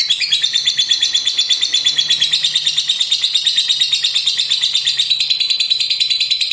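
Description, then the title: Lovebird, continuous shrill chattering song of quick buzzy pulses, steady and unbroken throughout. "Suara Lovebird"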